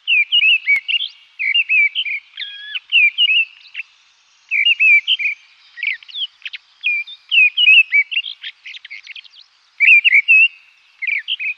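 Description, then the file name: Mistle thrush song: short fluty, whistled phrases of varied notes, separated by brief pauses, delivered steadily throughout. "tordella"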